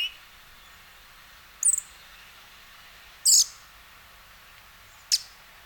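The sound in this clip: Western red-legged thrush giving three sharp, high notes spread over a few seconds, the middle one longest, with soft hiss between.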